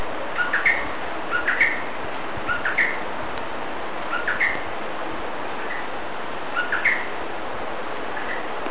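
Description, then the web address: Bird calls: short clusters of thin rising chirps repeated at irregular intervals of about one to two and a half seconds over a steady background hiss. Recorded in Brazil in 2005; species unidentified. "Brazil 2005 Birds sounds unknown"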